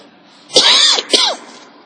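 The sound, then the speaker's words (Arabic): Two quick throat-clearing bursts, as done to expel remaining urine after urinating, a raspy voiced 'ahem' followed by a shorter second push, fairly loud against a quiet background with no speech. “ثم قال: ويستبرئ من البول عند انقطاعه بالتنحنح.”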